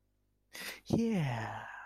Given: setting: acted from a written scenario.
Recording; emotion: vocal sound without words; positive surprise